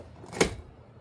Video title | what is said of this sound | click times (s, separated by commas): AMZCHEF Coffee Grinder: Unboxing, Assembly, and Grinding Coffee | That's a click. | 0.4 s